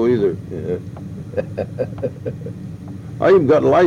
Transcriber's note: laugher